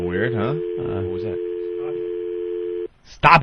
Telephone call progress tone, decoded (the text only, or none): dial tone